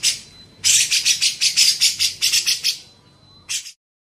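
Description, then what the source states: Grey-cheeked bulbul chattering: a two-second volley of harsh buzzy pulses, then a quiet stretch and one final short burst. Masteran tutor recording used for training songbirds.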